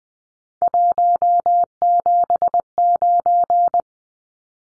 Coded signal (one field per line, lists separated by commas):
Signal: Morse code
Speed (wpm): 20 wpm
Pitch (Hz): 700 Hz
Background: none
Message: 179